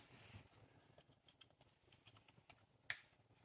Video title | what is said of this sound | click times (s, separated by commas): 1991-2005 NSX Fuel Injector Change | 2, nice click. | 2.9 s